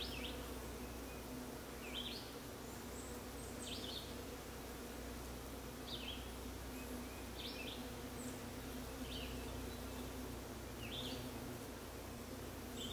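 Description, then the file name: Bees humming in a continuous low drone, while a brief sharp chirp repeats roughly every one to two seconds. Bees in a crepe myrtle, 30 June 2022, 9:45 am. "Bees worshiping Christ in Crepe Myrtle 6-30-22 9 45 am"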